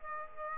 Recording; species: mosquito wingbeat signal from an infrared sensor; Aedes aegypti